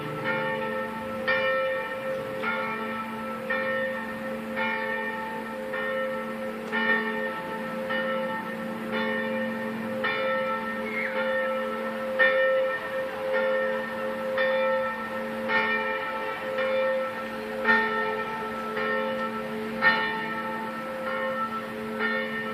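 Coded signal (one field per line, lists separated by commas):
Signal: bell signal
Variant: single small swung bell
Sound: a single church bell swinging, ringing steadily about once per second for the whole clip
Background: outdoor ambience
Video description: -h.18:25: distesa della minore La3 5 minuti prima della messa delle 18:30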